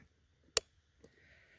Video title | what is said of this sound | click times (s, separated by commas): NAA Guardian .380 ACP Review & Shoot | Hopefully you guys heard that. There's a very audible click, | 0.6 s